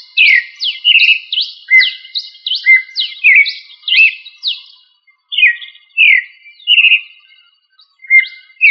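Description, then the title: Thrush song of rapid, repeated down-slurred notes followed by warbled whistled phrases, with a short pause midway. "Familia Turdidae - Sabia"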